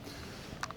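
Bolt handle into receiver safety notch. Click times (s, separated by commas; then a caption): 0.6 s. A bolt handle is pulled back and then up into the safety notch of a steel receiver, and it clicks into place with a sharp click at 0.6 s. A second, quieter click follows at 0.7 s over a low, steady background. The bolt handle is seated in the safety notch.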